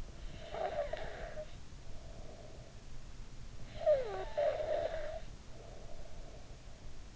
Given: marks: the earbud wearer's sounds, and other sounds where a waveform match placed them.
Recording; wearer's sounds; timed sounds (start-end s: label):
sounds in sleep by an in-ear microphone; snoring breath
0.00-2.85 s: snoring breath
3.54-6.71 s: snoring breath